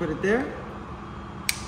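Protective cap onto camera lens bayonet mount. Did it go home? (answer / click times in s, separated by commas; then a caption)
yes / 1.5 s. A protective cap is fitted onto the bayonet mount of a lens on a Fastec IL5 high-speed camera: the red dots are lined up, then the cap is set on and twisted while someone talks. One sharp click at 1.5 s marks the cap seating home, leaving the lens sealed and protected.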